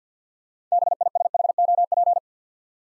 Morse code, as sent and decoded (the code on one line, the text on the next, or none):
-... .. ... .... --- .--.
BISHOP